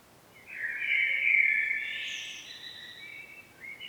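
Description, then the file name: Common blackbird delivering a single rich warbled phrase that swells and fades over about two seconds, with a brief high note at the close. "Turdus merula"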